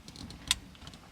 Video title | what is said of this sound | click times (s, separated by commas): Replacing an In Tank Fuel Pump - Land Rover Discovery 2000 | you a little click when it's in | 0.5 s